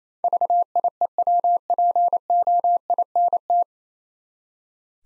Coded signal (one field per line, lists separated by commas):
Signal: Morse code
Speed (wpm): 27 wpm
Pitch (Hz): 700 Hz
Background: none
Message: VIEWPOINT